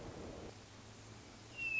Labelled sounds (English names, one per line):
Hermit Thrush